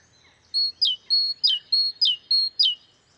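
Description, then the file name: Great tit repeating a bright two-note phrase four times, a flat high whistle dropping into a lower swoop, in a quick regular rhythm. "Parus major"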